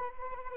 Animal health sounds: mosquito wingbeat signal from an infrared sensor; Anopheles arabiensis

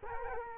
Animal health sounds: mosquito wingbeat signal from an infrared sensor; Culex quinquefasciatus

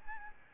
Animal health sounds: mosquito wingbeat signal from an infrared sensor; Aedes albopictus

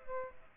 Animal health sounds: mosquito wingbeat signal from an infrared sensor; Aedes albopictus

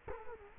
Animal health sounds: mosquito wingbeat signal from an infrared sensor; Culex quinquefasciatus

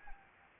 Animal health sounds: mosquito wingbeat signal from an infrared sensor; Anopheles arabiensis

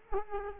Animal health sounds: mosquito wingbeat signal from an infrared sensor; Culex quinquefasciatus

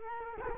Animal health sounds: mosquito wingbeat signal from an infrared sensor; Culex quinquefasciatus

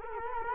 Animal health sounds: mosquito wingbeat signal from an infrared sensor; Culex quinquefasciatus

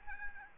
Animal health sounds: mosquito wingbeat signal from an infrared sensor; Aedes albopictus

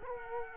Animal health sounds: mosquito wingbeat signal from an infrared sensor; Culex quinquefasciatus

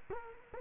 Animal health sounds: mosquito wingbeat signal from an infrared sensor; Culex quinquefasciatus

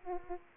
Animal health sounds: mosquito wingbeat signal from an infrared sensor; Aedes aegypti

